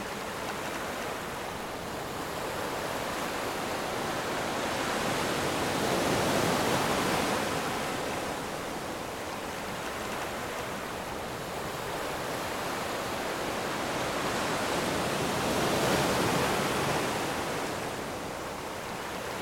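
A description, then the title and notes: Waves wash onto a beach in a steady, dense hiss of water. Two broad swells build and fade, one peaking around six to seven seconds and another near sixteen, with no sharp crashes. The sound is continuous. Beach wave sounds.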